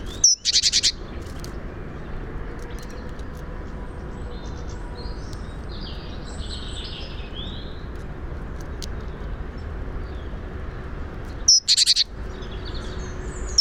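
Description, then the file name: Great tit gives a brief high note and rasping churring bursts at the start and again near the end, with steady hiss between. "Parus major"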